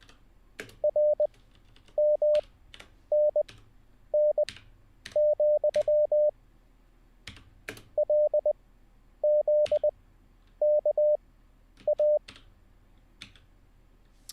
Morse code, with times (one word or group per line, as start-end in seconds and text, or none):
0.8-6.3 RMNN,
8.0-12.2 LZKA